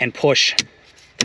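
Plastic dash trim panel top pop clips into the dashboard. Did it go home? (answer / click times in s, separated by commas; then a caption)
yes / 1.2 s. Someone talks while pushing the top of a plastic dash trim panel into place on a 2022 Toyota Tundra so its pop clips snap into the dashboard. A loud, sharp snap comes at 1.2 s as the clips seat.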